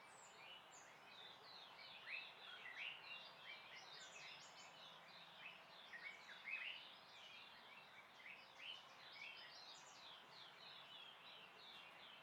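Birds calling in a dense chorus of overlapping high chirps and twitters, steady throughout with slight swells, over a soft background hiss.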